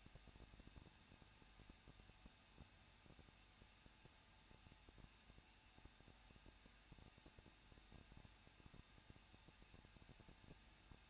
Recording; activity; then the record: daily activity, microphone in the room; no activity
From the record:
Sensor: 2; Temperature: 21.0 degrees Celsius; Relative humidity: 37.5%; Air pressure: 1006.3 hPa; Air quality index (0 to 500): 223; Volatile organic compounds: 25 ppm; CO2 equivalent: 2834 ppm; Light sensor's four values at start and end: 2/3/2/2 and 2/3/2/2